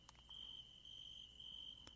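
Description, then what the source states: Cricket chirping, a soft, steady high trill held throughout, with a few faint clicks. Field recording made in Bulgaria in 2019.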